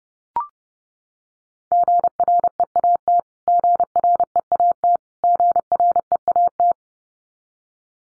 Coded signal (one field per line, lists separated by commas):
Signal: Morse code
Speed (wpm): 30 wpm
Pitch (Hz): 700 Hz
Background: none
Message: GREAT GREAT GREAT